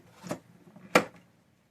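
A wooden dowel-and-block latch on a wooden toy chest is closed again. A softer knock at about 0.3 s leads into a sharp click at 0.96 s as the latch seats, leaving a solid lock.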